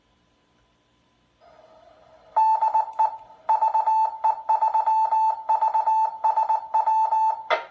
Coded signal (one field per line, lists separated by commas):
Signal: Morse code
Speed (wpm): 19 wpm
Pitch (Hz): 880 Hz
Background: none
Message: DE VE3VSW